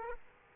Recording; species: mosquito wingbeat signal from an infrared sensor; Aedes aegypti